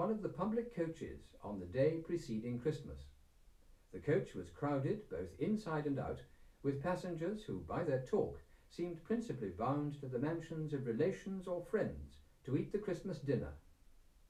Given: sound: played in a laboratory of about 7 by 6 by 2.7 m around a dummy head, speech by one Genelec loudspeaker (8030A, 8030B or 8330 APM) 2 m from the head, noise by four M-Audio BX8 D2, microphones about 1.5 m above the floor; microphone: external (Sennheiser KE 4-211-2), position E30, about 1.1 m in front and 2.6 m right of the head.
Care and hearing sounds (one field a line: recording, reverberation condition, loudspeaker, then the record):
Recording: male speech in English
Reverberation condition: low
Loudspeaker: 60 degrees to the left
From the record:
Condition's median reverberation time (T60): about 310 ms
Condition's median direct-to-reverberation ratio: about 3.5 dB